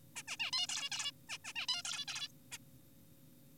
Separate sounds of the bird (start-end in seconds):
0.16-0.23, 0.28-0.37, 0.40-0.51, 0.53-0.67, 0.69-0.90, 0.92-1.11, 1.29-1.38, 1.45-1.53, 1.56-1.67, 1.69-1.82, 1.85-2.05, 2.08-2.28, 2.52-2.58